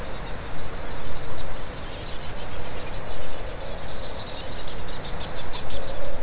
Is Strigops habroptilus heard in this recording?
no